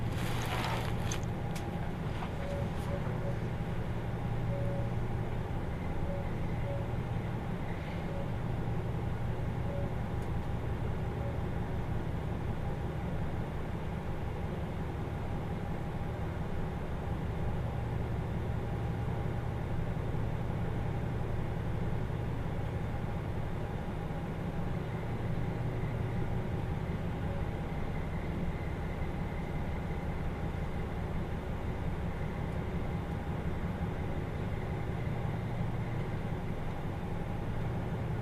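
Kyushu Odan Express on the Hohi Line between Tateno and Miyaji: a steady low engine rumble with faint tones, and brief clatter near the start.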